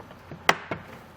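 The base of a Kuat Grip ski and snowboard carrier has its holes lined up with the studs and tabs on a plastic T-channel direct mount adapter and is pushed on. A sharp snap at 0.5 s marks it clicking into place, followed by a softer tap at 0.7 s. The carrier base is seated on the mount.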